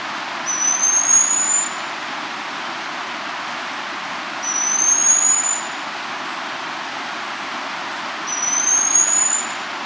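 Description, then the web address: Black-streaked puffbird giving three thin, high, slightly rising whistles, each about a second long and spaced roughly four seconds apart, with constant hiss beneath. South America. "Natures Songs S America Black-Streaked Puffbird"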